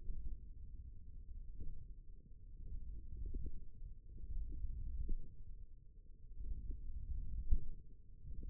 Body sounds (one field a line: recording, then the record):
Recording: forearm muscle sounds (acoustic myography)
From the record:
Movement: hook grip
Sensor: system 1, eight BSWA MPA416 microphones around the upper forearm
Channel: 4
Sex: male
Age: 18 years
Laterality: right